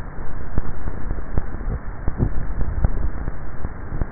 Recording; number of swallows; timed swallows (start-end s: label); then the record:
swallowing sounds by neck microphone; 1
2.38-3.18 s: swallow
From the record:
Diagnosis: dysphagia